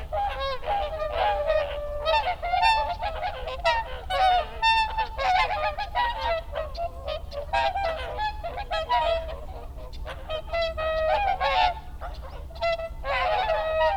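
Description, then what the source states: Whooper swan calls: a dense chorus of overlapping trumpeting honks from many birds, with a steady low rumble underneath. Recorded 30 December 2009.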